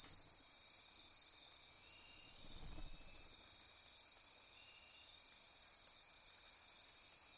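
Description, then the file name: Insect chorus, a steady high-pitched shimmering drone of many insects, with a brief low rumbling thump near the middle. Insect chorus recorded at midnight near Corcovado. "Wind-is-the-Original-Radio-Fridays 20240628 Andy-Martin Midnight-Insect-Chorus-Near-Corcovado"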